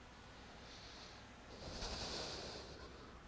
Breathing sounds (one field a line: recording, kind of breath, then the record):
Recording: one breath in and out by a microphone near the nose and mouth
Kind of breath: deep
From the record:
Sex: male